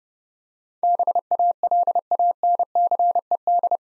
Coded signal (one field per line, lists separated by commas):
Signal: Morse code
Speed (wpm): 28 wpm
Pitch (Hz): 700 Hz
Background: none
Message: BALANCED